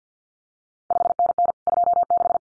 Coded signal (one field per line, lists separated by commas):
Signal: Morse code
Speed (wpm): 50 wpm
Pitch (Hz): 700 Hz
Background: none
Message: 5NN 26